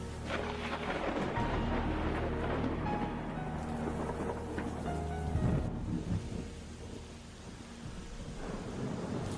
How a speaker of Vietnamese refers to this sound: Trời đổ về đêm, cơn mưa đổi mùa rơi rào rào ở trên mái nhà, nhỏ giọt tí tách bên cửa sổ.